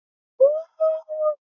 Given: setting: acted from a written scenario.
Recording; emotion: vocal sound without words; elation